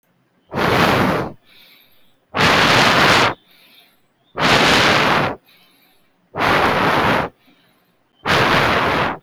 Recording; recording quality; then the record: shallow breathing; excellent, no background noise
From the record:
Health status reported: exposed to COVID-19, no respiratory illness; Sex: male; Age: 22 years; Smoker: no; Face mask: not worn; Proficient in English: yes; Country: India